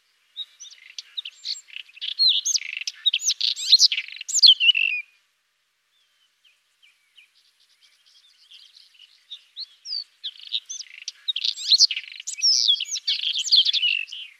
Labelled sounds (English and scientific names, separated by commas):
White-throated Robin (Irania gutturalis) song